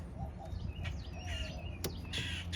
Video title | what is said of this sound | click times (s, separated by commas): 2007 Kia Sorento Door Won't Open Inside or Out! | you hear it snap | 1.8 s